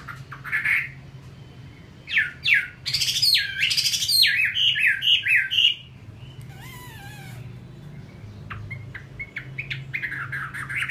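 Chinese hwamei song: bursts of loud, rich whistled notes sliding up and down, with a pause before softer scattered chirps near the end. A low steady hum runs underneath.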